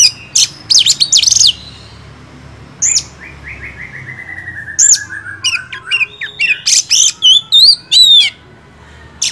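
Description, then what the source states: Oriental magpie-robin song opening with a rapid chattering burst, then a descending series of soft notes and a string of varied whistles and clicks. First-place champion (juara) song, used to train other songbirds (masteran).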